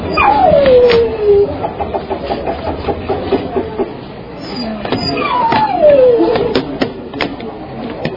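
A dog whimpers in two long, high whines that slide downward in pitch, while short, sharp barks and yelps break out repeatedly in between, fairly loud and restless throughout.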